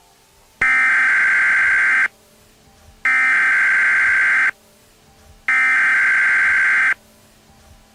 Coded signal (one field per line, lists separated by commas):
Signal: Emergency Alert System (SAME) tones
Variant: header bursts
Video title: 25 New EAS Alarm Requested By @marthaLM7391